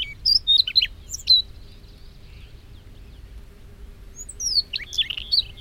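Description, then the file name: Siberian rubythroat song with a short opening burst of high chirping whistles, a quiet gap, then a second rapid, scratchy warbled phrase. "rubythroat-siberian -Calliope-calliope"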